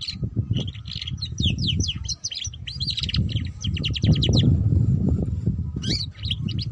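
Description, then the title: Canary song of long, fast repeated trills and twitters over the first two-thirds, then a pause and a short final burst near the end, with rumbling low noise below. Belgian canary; song to warm up and stimulate canaries to sing, for canaries learning the ngeriwik sound, suited as a lure for ngeriwik canaries. "Canto Para Esquentar Canário Belga. Suara Kenari Belajar Bunyi Ngeriwik || Cocok Untuk Pancingan Kenari Ngeriwik"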